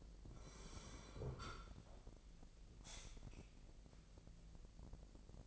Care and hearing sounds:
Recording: daily activity, microphone in the room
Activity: sit down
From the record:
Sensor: 5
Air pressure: 1001.7 hPa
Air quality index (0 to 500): 247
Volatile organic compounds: 30 ppm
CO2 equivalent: 2967 ppm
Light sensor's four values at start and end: 47/111/46/47 and 47/110/45/47

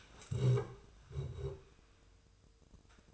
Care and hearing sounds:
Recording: daily activity, microphone in the room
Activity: stand up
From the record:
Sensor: 2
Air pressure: 1004.9 hPa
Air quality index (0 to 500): 98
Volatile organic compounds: 2 ppm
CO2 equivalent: 1190 ppm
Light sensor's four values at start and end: 8/18/7/8 and 7/17/7/7

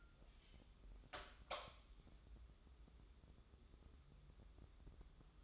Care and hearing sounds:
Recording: daily activity, microphone in the room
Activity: light on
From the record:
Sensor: 3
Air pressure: 995.3 hPa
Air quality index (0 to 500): 82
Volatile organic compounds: 7 ppm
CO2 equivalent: 1980 ppm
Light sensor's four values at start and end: 9/21/9/8 and 9/21/9/8

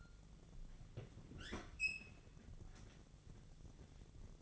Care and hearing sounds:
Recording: daily activity, microphone in the room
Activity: open fridge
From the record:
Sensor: 4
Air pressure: 1000.9 hPa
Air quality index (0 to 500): 131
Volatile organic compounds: 2 ppm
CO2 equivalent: 981 ppm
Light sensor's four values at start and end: 31/75/32/34 and 29/69/29/31

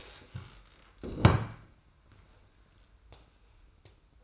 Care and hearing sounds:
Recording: daily activity, microphone in the room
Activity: stand up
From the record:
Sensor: 2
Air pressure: 990.3 hPa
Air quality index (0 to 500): 180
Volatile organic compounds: 1000 ppm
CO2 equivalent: 5704 ppm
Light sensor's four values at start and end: 30/71/29/29 and 31/70/29/29

